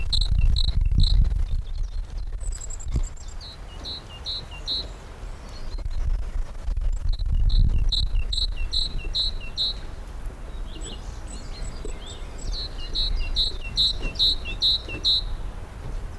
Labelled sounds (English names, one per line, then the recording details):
Great Tit call
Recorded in the wild
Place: Lychen, Brandenburg, DE
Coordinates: 53.21, 13.32
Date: 1995-04-22 17:49
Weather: heiter, 23°C, böiger Wind
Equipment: Marantz CP 430, Sennheiser ME 80, Kopie Uher 4000 Report Monitor
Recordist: Tembrock, Günter
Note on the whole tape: Am Brutkasten (Fütterung): Laute eines adulten Vogels und die der Jungen, dann Rufreihe auf dem Kasten